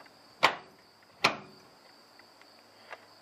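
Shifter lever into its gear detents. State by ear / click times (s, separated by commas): seated / 0.5 s, 1.2 s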